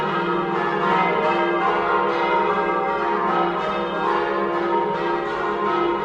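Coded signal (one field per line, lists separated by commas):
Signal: bell signal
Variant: full peal (plenum)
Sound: several large church bells ringing together in a continuous, overlapping full peal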